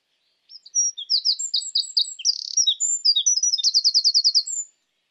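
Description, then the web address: Eurasian wren song: a four-second outpouring of high, clipped notes in rapid series, ending in a fast even trill, then silence. "SETE Troglodytes troglodytes"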